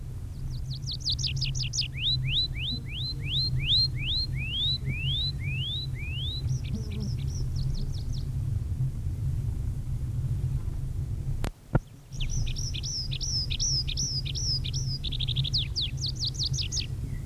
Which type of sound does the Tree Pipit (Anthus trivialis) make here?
song